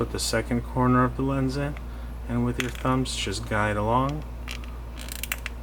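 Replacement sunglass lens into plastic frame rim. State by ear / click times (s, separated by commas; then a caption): seated / 5.3 s. A replacement lens is fitted into the plastic frame rim of a pair of Ray-Ban RB2132 New Wayfarer sunglasses: with both corners of the lens in, thumbs guide it around the rim while someone talks. After a few small clicks and scrapes, a sharp pop at 5.3 seconds marks the lens seating in the frame groove.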